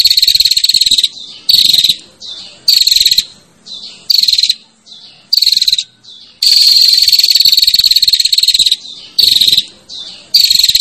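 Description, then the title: Prinia repeating dry, buzzy trills in short bursts. One extended buzz lasts over two seconds midway, and quieter bursts follow each loud one. Female calling to the male with a 'ngecirrr' call. "Suara Prenjak Betina Ngecirrr Memanggil Prenjak Jantan"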